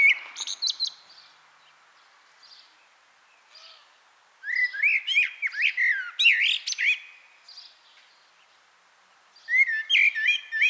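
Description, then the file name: Common blackbird singing: a short twittering phrase, a pause, then a long rich warble of fluty notes and high squeaks, and another phrase near the end. "Turdus merula"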